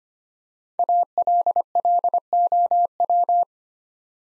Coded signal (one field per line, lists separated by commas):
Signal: Morse code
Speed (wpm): 25 wpm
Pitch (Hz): 700 Hz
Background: none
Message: ALLOW